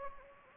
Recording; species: mosquito wingbeat signal from an infrared sensor; Anopheles gambiae